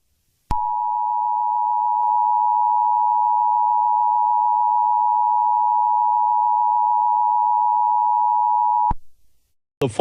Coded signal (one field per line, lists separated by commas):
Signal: Emergency Alert System (SAME) tones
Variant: 853 and 960 Hz attention tone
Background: speech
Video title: Random EAS